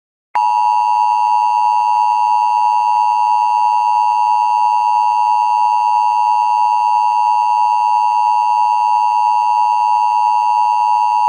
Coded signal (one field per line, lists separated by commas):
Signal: Emergency Alert System (SAME) tones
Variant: 853 and 960 Hz attention tone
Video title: The Eyes Part 1 (REBOOT) an EAS Scenario